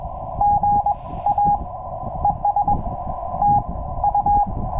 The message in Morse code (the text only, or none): GA ES TU